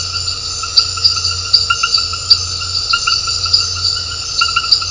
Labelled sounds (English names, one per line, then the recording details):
none
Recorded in dense forest near Puerto Asís, Putumayo, Colombia, on 9 March 2025 at 20:00
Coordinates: 0.468, -76.322
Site GP01